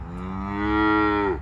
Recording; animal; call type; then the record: contact call of a hoofed animal; cattle; low-frequency (closed-mouth) or high-frequency (open-mouth) call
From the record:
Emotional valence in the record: negative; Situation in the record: full separation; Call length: 1.42 s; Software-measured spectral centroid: 1290 Hz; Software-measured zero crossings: 1120 a second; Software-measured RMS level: -23 dBFS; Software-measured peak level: -9 dBFS